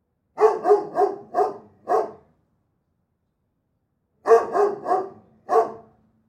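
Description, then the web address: Big dog barking, a run of five rough barks, a pause, then four more in quick succession. Large dog barking in a backyard. "chien tj grand aboie cour arriere"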